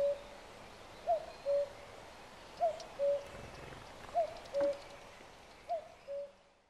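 Cuckoo calling its two-note cu-coo, a higher falling note then a lower flat one, repeated about every one and a half seconds over a quiet background.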